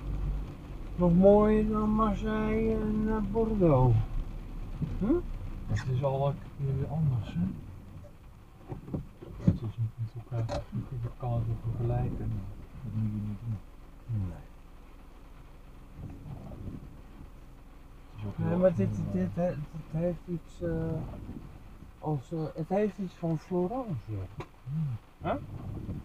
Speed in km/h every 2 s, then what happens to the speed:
35, 29, 13, 7, 0, 0, 0, 0, 0, 0, 0, 0, 0.
0-8 brakes to 0. 8-26 standing.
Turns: none.